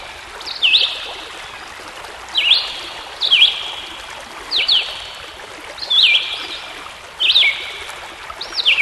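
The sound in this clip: Songbird giving repeated short whistled phrases with sharp downward-then-upward sweeps, several in nine seconds, while a gentle hiss like flowing water runs throughout.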